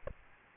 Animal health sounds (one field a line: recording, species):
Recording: mosquito wingbeat signal from an infrared sensor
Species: Aedes aegypti